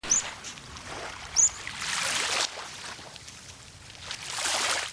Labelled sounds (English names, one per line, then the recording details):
Meadow Pipit flight call
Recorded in the wild
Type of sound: flight call
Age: adult
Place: Stubbenfelde, Insel Usedom, Mecklenburg-Vorpommern, DE
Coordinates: 54.0286, 14.0319
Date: 1983-09-27 10:00
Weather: slightly sunny, hazy, mist, 13°C
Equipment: Nagra SN, Sennheiser MKH 416 T, Kopie Uher 4000 Report Monitor
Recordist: Tembrock, Günter
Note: Rufe überfliegend, landet dann